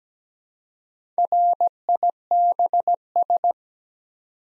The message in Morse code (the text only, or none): RIBS